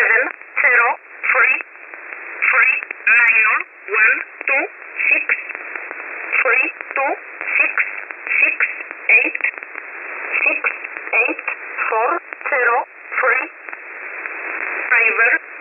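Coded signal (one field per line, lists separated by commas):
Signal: numbers station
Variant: E11 Oblique, English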